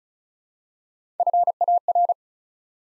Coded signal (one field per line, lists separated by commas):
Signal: Morse code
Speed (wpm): 36 wpm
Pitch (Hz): 700 Hz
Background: none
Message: FAR